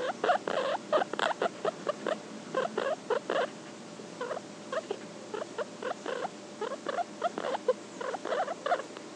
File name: Cavia porcellus mumbling